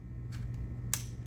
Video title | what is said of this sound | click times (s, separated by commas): Splatoon 3 Nintendo Switch OLED Unboxing & Setup | there's a nintendo switch click sound and everyone loves these | 0.9 s